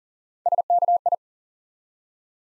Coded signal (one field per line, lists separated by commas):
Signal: Morse code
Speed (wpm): 40 wpm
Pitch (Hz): 700 Hz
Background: none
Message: SKI